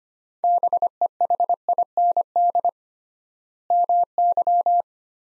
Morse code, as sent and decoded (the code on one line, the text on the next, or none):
-... . .... .. -. -.. / -- -.--
BEHIND MY